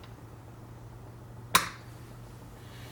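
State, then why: Seated. A punch drives the trigger assembly retaining pin into the receiver of a Mossberg 930 JM Pro Series shotgun. A single sharp metallic snap sounds at 1.6 s over a low steady hum, and the pin is confirmed seated and locked into place.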